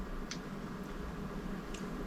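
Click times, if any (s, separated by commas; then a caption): 0.3 s. Someone presses the spool release button on a Shimano baitcasting fishing reel, and the spool lock releases with a short, sharp click at 0.3 s, unlocking the spool. A second, fainter click follows at 1.7 s over steady background noise.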